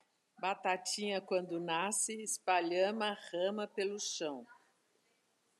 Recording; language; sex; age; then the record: short text; Brazilian Portuguese; female; 60 to 69 years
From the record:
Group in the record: control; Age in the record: 68 years